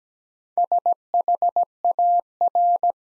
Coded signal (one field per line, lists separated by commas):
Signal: Morse code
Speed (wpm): 17 wpm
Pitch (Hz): 700 Hz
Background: none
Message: SHAR